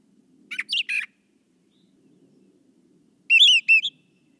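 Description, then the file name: Brown thrasher singing a few whistled, slurred notes, then a quick series of repeated high chirps, with faint low hum. "suara kicauan brown thrasher. omkicau"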